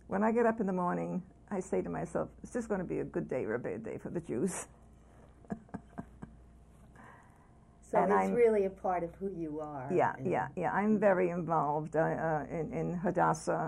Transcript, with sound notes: when I get up in the morning, I say to myself, "Is this going to be a good day or a bad day for the Jews?" [Laughs]
So it's really a part of who you are and —
Yeah, yeah, yeah. I'm very involved in Hadassah.